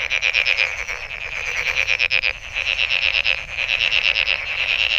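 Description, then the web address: Frog chorus of sharp pulsed croaks in quick series, in a steady rattling rhythm. Recorded 23 May 2008. "misc sound frog frog 20080523"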